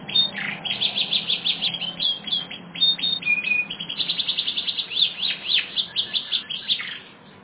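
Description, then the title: Canary song: rapid runs of bright chirps and trills, repeated notes and rolling phrases pulsing steadily throughout with short pauses. "kenarijos"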